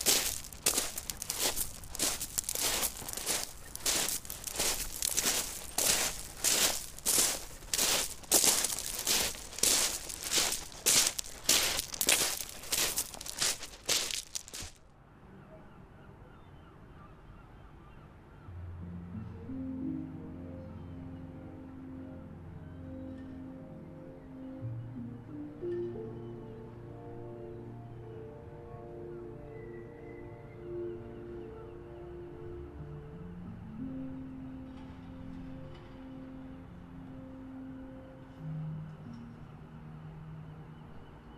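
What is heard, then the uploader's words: At the very edge of the sea, loud rough rushing surges beat in quick, regular pulses for about fifteen seconds, then cut off abruptly. What follows is much quieter: low, steady humming tones that step between pitches over a faint hiss. The very edge of the sea.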